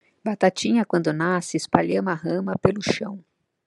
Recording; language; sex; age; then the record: short text; Brazilian Portuguese; female; 50 to 59 years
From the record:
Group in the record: control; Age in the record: 51 years